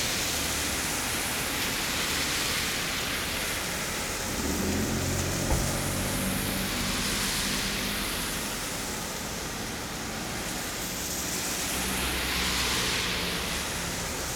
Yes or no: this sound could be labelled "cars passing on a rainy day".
yes